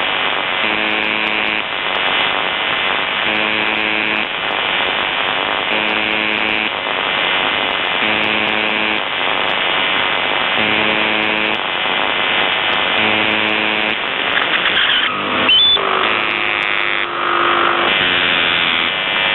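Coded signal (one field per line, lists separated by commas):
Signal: numbers station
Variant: UVB-76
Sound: about 9 short harsh low buzzes in noise, then a few rising beep tones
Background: radio static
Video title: The Buzzer/UVB-76(4625Khz) June 2nd, 2023 09:49UTC Voice message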